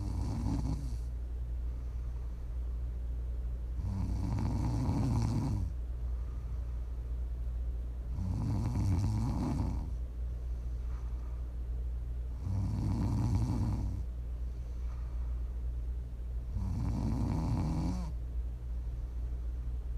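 Five low, rattling snores from a sleeping adult at a steady pace of about 14 breaths a minute, over a constant low hum.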